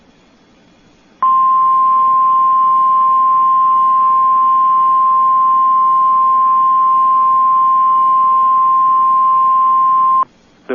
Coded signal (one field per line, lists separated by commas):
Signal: Emergency Alert System (SAME) tones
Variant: 1050 Hz attention tone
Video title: EAS Flash Flood Warning LOT 2023-03-31 1813 CDT Cook, DuPage Counties Illinois